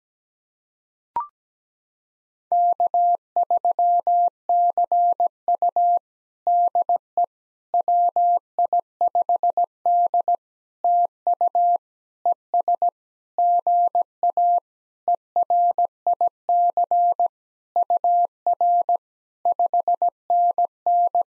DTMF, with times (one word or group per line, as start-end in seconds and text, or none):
none